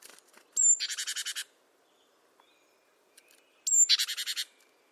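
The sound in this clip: Great tit giving a thin high note followed by a harsh buzzy chatter of several rapid grating notes, given twice about three seconds apart.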